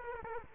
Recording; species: mosquito wingbeat signal from an infrared sensor; Culex quinquefasciatus